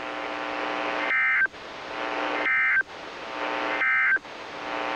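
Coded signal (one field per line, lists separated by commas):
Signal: Emergency Alert System (SAME) tones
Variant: end-of-message bursts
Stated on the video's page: Required weekly tests from NOAA Weather Radio stations, captured directly through the AUX audio port of a Sangean CL-100 radio.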